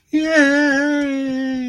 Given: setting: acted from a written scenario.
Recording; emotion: vocal sound without words; elation